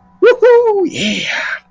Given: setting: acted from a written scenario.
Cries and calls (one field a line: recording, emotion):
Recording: vocal sound without words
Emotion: triumph